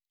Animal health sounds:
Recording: hydrophone in a shrimp aquaculture tank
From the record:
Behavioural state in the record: normal

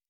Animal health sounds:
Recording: hydrophone in a shrimp aquaculture tank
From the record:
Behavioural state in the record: normal

